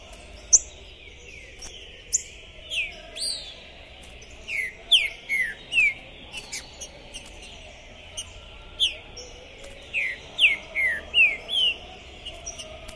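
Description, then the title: Green-winged saltator delivers repeated phrases of clear, downward-sliding whistles, several notes each, with sharp high clicks and an even background hiss throughout. Captive trinca-ferro, 'pistoleiro' type, singing, chirping and 'macheando' (male display) while warming up for a singing contest, at the entrance of a tournament, 2021. "ESQUENTAR Seu TRINCA Piando, Cantando E Macheando Na DISPUTA. Esse TRINCA FERRO ficou POSSUÍDO na PORTA do TORNEIO! Trinca Ferro Pistoleiro 2021"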